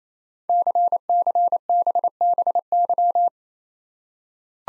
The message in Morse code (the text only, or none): CCBBY